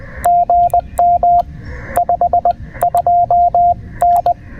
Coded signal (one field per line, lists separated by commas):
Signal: Morse code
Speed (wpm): 20 wpm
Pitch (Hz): 690 Hz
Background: radio noise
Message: GM 52N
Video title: Escaping the Heat: Early Morning POTA Activation at William B. Umstead State Park!